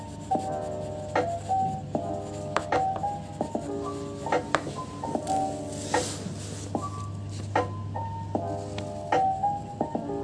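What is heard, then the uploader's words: Background music with short plucked notes repeating steadily over a low hum, joined by frequent sharp scratching scribbles and a brief swell near six seconds. Bg music and scribbling sounds.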